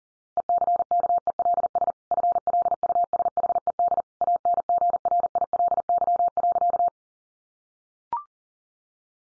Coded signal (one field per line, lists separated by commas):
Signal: Morse code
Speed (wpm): 37 wpm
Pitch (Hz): 700 Hz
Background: none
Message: ECKELS FLUSHED ANGRILY.